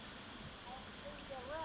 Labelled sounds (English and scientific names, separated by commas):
California Towhee (Melozone crissalis)